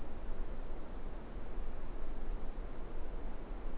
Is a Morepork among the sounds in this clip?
no